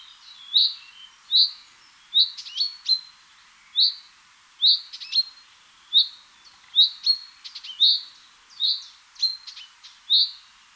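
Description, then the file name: Common chaffinch calls: sharp, high chirps repeated roughly once a second, sometimes in quick pairs, with faint clicking notes between them. "Fringilla coelebs"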